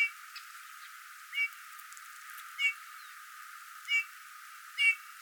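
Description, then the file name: Eurasian bullfinch calling with mellow, plaintive piped notes, five calls spread at uneven intervals of roughly a second, with light hiss in the background. "Pyrrhula pyrrhula"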